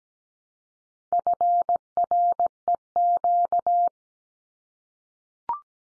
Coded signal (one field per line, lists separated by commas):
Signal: Morse code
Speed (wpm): 17 wpm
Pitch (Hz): 700 Hz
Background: none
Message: FREQ